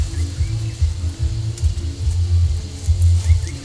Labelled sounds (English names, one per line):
none